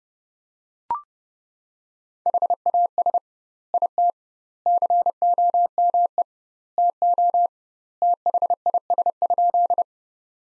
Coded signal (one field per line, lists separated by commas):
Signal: Morse code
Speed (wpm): 30 wpm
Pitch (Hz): 700 Hz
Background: none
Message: HAS IT COME TO THIS?